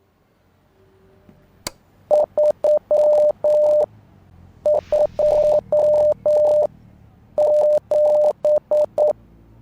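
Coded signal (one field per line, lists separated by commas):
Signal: Morse code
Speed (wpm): 9 wpm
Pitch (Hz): 600 Hz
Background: radio noise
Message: 327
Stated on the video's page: Morse code heard in the horror game Rise of Insanity.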